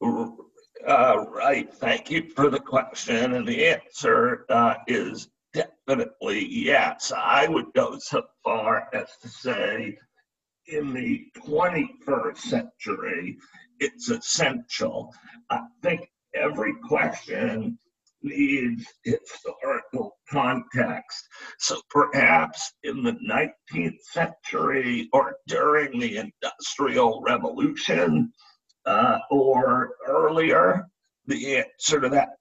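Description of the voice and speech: An adult man speaks in connected speech with spasmodic dysphonia, a rare neurological speaking disorder that makes communicating difficult and has partly taken away his voice. It began in 2010 and was diagnosed in 2012. His voice sounds rough, with frequent pauses and drawn-out sounds breaking up the phrases.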